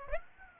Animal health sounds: mosquito wingbeat signal from an infrared sensor; Aedes aegypti

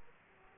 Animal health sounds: mosquito wingbeat signal from an infrared sensor; Aedes aegypti

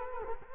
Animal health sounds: mosquito wingbeat signal from an infrared sensor; Culex quinquefasciatus

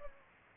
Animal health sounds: mosquito wingbeat signal from an infrared sensor; Culex pipiens

